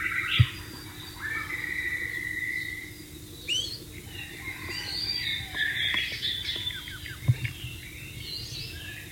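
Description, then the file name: White-rumped shama song: a varied run of clear whistled phrases and chirps, some rising and falling, with a few sharp clicks and steady low background hum. "suara burung murai batu di alam liar"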